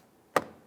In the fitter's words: snap the cover on